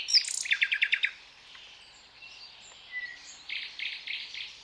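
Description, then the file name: Common nightingale song opening with a fast string of loud repeated notes, followed by a quiet pause and a softer stuttering phrase. "Luscinia megarhynchos"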